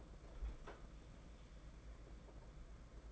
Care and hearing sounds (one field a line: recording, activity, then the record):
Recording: daily activity, microphone in the room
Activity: open fridge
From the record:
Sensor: 5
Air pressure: 992.0 hPa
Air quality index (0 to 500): 199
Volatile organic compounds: 1000 ppm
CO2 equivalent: 5728 ppm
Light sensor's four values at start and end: 28/94/35/37 and 28/94/35/37